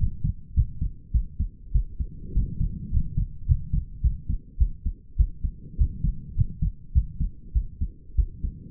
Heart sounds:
heart sounds by stethoscope; 102 bpm
0.55 s: heartbeat
1.12 s: heartbeat
1.72 s: heartbeat
2.33 s: heartbeat
2.91 s: heartbeat
3.46 s: heartbeat
4.02 s: heartbeat
4.58 s: heartbeat
5.17 s: heartbeat
5.77 s: heartbeat
6.35 s: heartbeat
6.93 s: heartbeat
7.53 s: heartbeat
8.16 s: heartbeat
From the record:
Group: healthy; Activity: rest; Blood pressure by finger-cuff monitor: 94/62 mmHg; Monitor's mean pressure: 72 mmHg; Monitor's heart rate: 104 bpm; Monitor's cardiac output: 7.9 L/min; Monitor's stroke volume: 76 mL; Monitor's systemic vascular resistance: 660 dyn s/cm5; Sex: female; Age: 19 years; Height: 163 cm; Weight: 48.9 kg

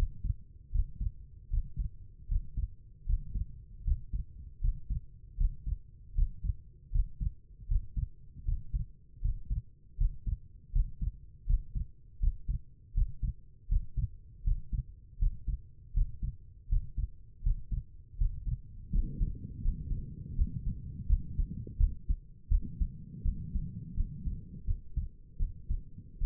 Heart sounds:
heart sounds by stethoscope; 80 bpm
0.71 s: heartbeat
1.50 s: heartbeat
2.28 s: heartbeat
3.06 s: heartbeat
3.84 s: heartbeat
4.61 s: heartbeat
5.37 s: heartbeat
6.15 s: heartbeat
6.92 s: heartbeat
7.68 s: heartbeat
8.45 s: heartbeat
9.21 s: heartbeat
9.97 s: heartbeat
10.72 s: heartbeat
11.46 s: heartbeat
12.20 s: heartbeat
12.94 s: heartbeat
13.68 s: heartbeat
14.44 s: heartbeat
15.19 s: heartbeat
15.94 s: heartbeat
16.69 s: heartbeat
17.43 s: heartbeat
18.18 s: heartbeat
18.92 s: heartbeat
19.62 s: heartbeat
20.36 s: heartbeat
21.07 s: heartbeat
21.78 s: heartbeat
22.50 s: heartbeat
23.24 s: heartbeat
23.95 s: heartbeat
24.66 s: heartbeat
25.38 s: heartbeat
26.20 s: heartbeat
From the record:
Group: healthy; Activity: Valsalva maneuver 0-20 s, rest 20-26 s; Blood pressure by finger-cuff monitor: 99/70 mmHg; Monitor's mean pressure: 76 mmHg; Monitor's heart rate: 80 bpm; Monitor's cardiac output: 5.5 L/min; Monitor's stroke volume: 69 mL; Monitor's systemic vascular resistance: 1000 dyn s/cm5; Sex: female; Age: 22 years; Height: 163 cm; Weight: 67.1 kg

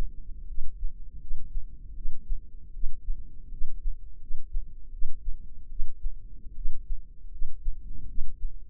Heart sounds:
heart sounds by microphone in the left ear; 79 bpm
0.45 s: heartbeat
1.18 s: heartbeat
1.93 s: heartbeat
2.71 s: heartbeat
3.49 s: heartbeat
4.18 s: heartbeat
4.90 s: heartbeat
5.68 s: heartbeat
6.54 s: heartbeat
7.30 s: heartbeat
8.06 s: heartbeat
From the record:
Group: healthy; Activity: rest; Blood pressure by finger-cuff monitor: 113/77 mmHg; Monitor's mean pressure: 89 mmHg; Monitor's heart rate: 78 bpm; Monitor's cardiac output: 6.3 L/min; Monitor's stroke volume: 81 mL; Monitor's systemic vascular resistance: 1030 dyn s/cm5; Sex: female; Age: 22 years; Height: 157 cm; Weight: 47.6 kg

